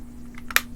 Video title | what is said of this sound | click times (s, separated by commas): TRRS #2155 - Hitachi TH-601 AM Radio - Squealer From Jeff | put this back on snaps in place | 0.5 s, 0.6 s